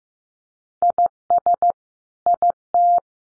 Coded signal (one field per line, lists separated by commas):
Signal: Morse code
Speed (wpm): 15 wpm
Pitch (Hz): 700 Hz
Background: none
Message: IS IT